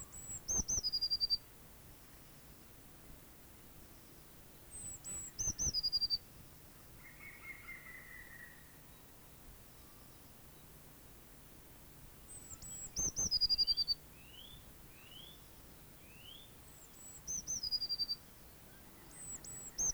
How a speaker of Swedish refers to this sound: Det var blåmes